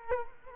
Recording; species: mosquito wingbeat signal from an infrared sensor; Culex quinquefasciatus